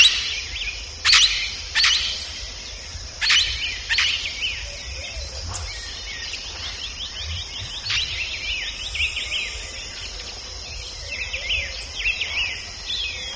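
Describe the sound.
Birds chirping with several sharp high calls early on, then a steady mix of thin twittering notes over a constant low rumbling background noise.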